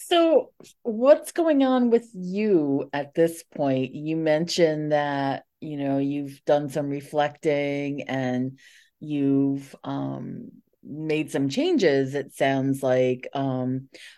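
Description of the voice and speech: A single adult woman asks a conversational question in a clear, fluent voice with natural, varied pitch. A few drawn-out words and an 'um' are ordinary hesitations. No stuttering blocks, slurring or rough voicing can be heard, and the room is quiet.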